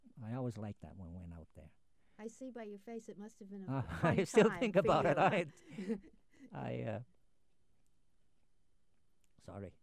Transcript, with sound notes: I always liked that, when we went out there.
I see by your face it must have been a fun time.
[Laughs] I still think about it, alright. I – sorry.